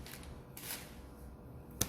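After the cable is connected, the magnet-covered part of a downlight lamp unit is pressed into its mounting housing. Soft rustling and a brief broadband scrape are heard around 0.6 s. A sharp, short click at 1.8 s marks the unit seating in its housing.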